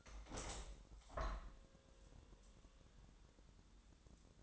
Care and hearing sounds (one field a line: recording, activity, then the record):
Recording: daily activity, microphone in the room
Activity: open window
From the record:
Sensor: 3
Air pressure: 1000.5 hPa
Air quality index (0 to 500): 172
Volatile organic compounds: 3 ppm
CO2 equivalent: 1492 ppm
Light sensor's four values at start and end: 13/34/13/15 and 14/35/14/16